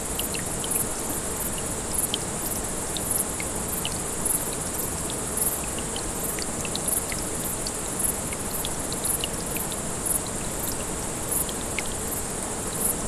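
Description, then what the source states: Grasshopper chirring, a continuous shrill buzz that swells in regular short pulses, set against steady flowing water. Several grasshoppers calling beside a small brook, 6 August 2014, recorded on an MZ-N710 recorder.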